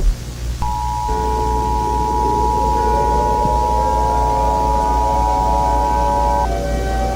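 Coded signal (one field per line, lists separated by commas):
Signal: Emergency Alert System (SAME) tones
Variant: 853 and 960 Hz attention tone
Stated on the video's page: Fictional EAS scenario about Pokémon attacking people.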